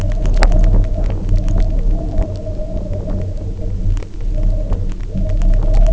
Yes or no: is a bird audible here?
no